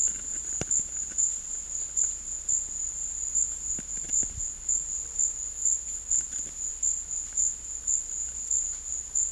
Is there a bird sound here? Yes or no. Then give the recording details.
no. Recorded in secondary vegetation near Puerto Asís, Putumayo, Colombia, on 21 December 2024 at 13:00. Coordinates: 0.488, -76.319. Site GP04